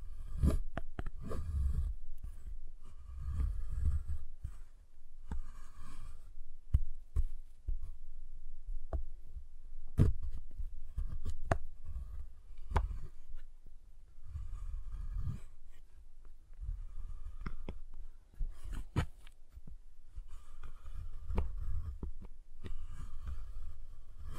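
A giant chocolate bar is tapped and handled, giving a steady run of soft, dull knocks and sharp clicks spaced irregularly, often several per second. A few louder crisp snaps stand out near 10, 15 and 18 seconds, over a constant low hum underneath.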